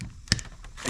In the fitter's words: it clicked so here's your light bulb right you got one of these